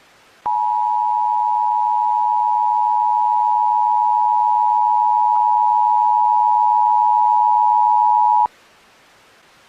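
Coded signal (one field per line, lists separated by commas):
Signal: Emergency Alert System (SAME) tones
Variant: 853 and 960 Hz attention tone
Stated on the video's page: This is a fictional Easter EAS scenario whose SAME tones are stated to be valid.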